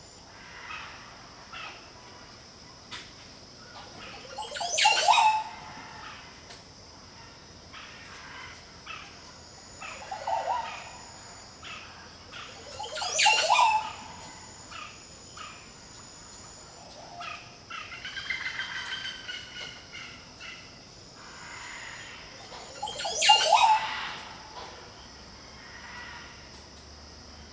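Jungle ambience where a loud sweeping bird call repeats about every nine seconds, softer chirps between, over a steady high insect drone.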